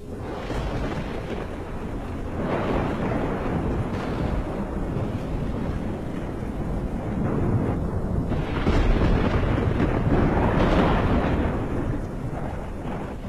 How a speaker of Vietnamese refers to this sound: Một tia sét đột nhiên đánh thẳng xuống vực, làm cho hang động như ầm ầm rung chuyển.